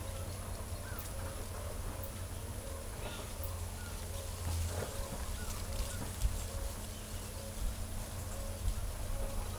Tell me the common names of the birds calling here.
none